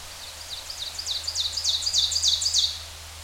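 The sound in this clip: Ovenbird singing a quick string of repeated high chanting phrases, building in loudness toward the end, then cutting off; faint steady low hum beneath.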